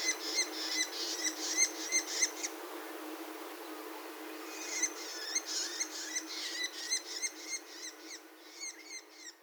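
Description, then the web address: Bull-headed shrike calls, fast runs of squeaky, buzzy notes repeated a few times a second, pausing briefly before a second burst that fades toward the end. Recorded at Kuroda, Gifu, Japan on 13 March 2020. "koe mozu 200313 gifu kuroda"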